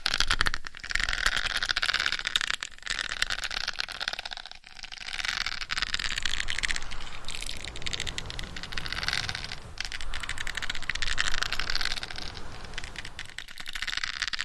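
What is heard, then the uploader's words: Fingers scratch and rub vigorously over a head mic in a scalp massage, making a dense, hissing, crackly scraping that runs almost without pause. The sound is bright and rough, with short lulls near two, four and thirteen seconds before the scrubbing picks up again. ASMR Binaural Head Mic Scratching INTENSE Head & Scalp Massage for 100% Sleep No Talking.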